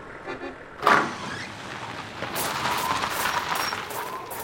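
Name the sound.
car arriving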